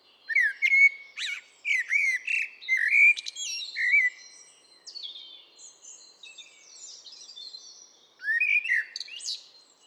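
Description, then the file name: Eurasian blackbird delivering mellow whistled notes, then a softer stretch of high chattering twitter, and a fresh fluted phrase near the end. "Turdus merula"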